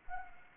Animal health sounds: mosquito wingbeat signal from an infrared sensor; Anopheles arabiensis

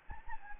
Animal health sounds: mosquito wingbeat signal from an infrared sensor; Anopheles gambiae

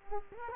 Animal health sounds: mosquito wingbeat signal from an infrared sensor; Culex quinquefasciatus

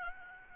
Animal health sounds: mosquito wingbeat signal from an infrared sensor; Aedes albopictus

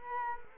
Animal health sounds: mosquito wingbeat signal from an infrared sensor; Culex quinquefasciatus

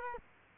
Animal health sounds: mosquito wingbeat signal from an infrared sensor; Culex quinquefasciatus

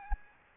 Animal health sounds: mosquito wingbeat signal from an infrared sensor; Aedes albopictus

